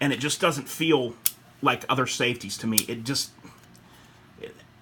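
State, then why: Partly seated. The safety selector on a rifle lower receiver built from a Palmetto State Armory lower build kit is rotated so its detent clicks into position while someone talks. After the talking, faint, soft detent clicks are heard at about 3.8 s and 4.4 s. The selector clicks in only weakly, not smooth and not as solid as expected.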